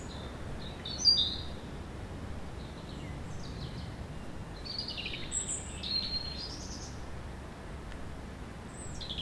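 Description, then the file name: European robin song: high thin whistles and brief trilled fragments coming in separate bursts, with a steady rushing background noise throughout. "Erithacus rubecula"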